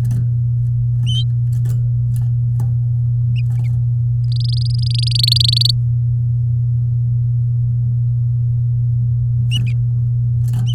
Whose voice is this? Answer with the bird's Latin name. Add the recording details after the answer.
Serinus canaria. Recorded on 7 May 2018 at 10:49. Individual llb16